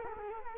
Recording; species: mosquito wingbeat signal from an infrared sensor; Culex quinquefasciatus